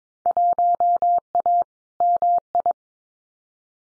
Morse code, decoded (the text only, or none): 1A MI